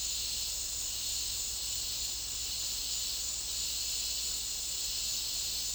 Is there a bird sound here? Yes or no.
no